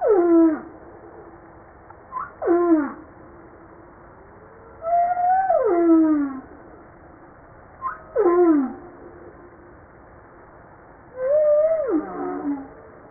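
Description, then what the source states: Humpback whale moans, harmonic downward sweeps from high to low pitch, five calls spaced a few seconds apart over a steady low background hiss. From a JASA 2013 publication set.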